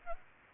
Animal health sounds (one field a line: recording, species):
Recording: mosquito wingbeat signal from an infrared sensor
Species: Aedes aegypti